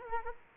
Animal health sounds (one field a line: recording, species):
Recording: mosquito wingbeat signal from an infrared sensor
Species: Culex quinquefasciatus